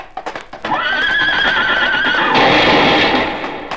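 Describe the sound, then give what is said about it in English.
A horse being ridden into a saloon: a few sharp hoof clops lead into a loud, high, quavering horse whinny that holds and wavers for over a second, then gives way to a rough, noisy rush that fades out. “Look, he's riding his horse right here into the saloon.”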